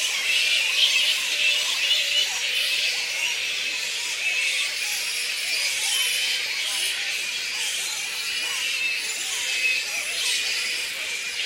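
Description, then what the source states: Black flying fox: shrill squeaks and squabbling chatter from a colony, overlapping constantly. A colony of black fruit bats (Pteropus alecto) squeaking.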